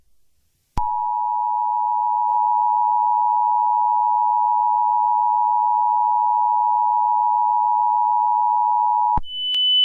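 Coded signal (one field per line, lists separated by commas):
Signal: Emergency Alert System (SAME) tones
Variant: 853 and 960 Hz attention tone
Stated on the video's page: Simulated EAS scenario, radio-style recreation.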